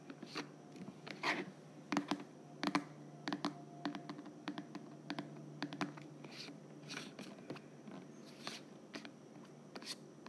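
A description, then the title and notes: A lid is unscrewed in a run of short scraping clicks and grinding turns, irregular throughout, over a faint steady low hum. ASMR Lid Unscrewing.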